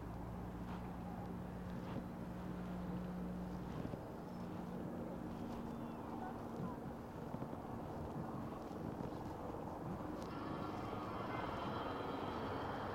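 A bike ride from Harlem to the Bronx, with a steady roar of traffic and wind filling the whole stretch. A low engine drone holds for the first four seconds, then shifts pitch and fades. Near ten seconds a brighter whine rises over the rumble.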